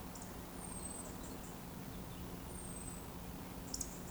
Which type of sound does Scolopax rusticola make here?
whistle